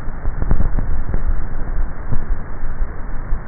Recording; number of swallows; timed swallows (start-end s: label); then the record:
swallowing sounds by neck microphone; 1
0.78-1.78 s: swallow
From the record:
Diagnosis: dysphagia